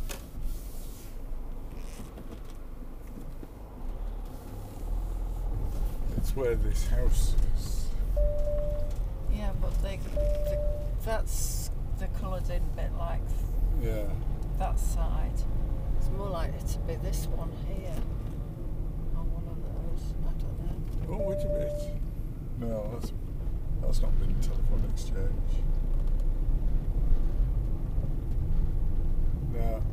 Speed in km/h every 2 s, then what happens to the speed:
0, 0, 8, 11, 13, 16, 19, 23, 24, 24, 19, 19, 23, 24, 24.
0-2 standing. 2-15 pulls away to 24. 15-22 steady at about 19.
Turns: none.